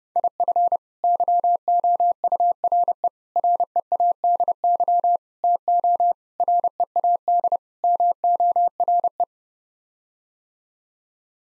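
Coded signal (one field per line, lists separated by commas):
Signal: Morse code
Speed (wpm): 30 wpm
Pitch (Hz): 700 Hz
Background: none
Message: IF YOURE READY TO READ MORE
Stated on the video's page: Morse code head-copy drill sending sets of six common English words at 30 wpm, each set sent twice.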